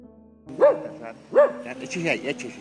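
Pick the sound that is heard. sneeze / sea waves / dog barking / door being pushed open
dog barking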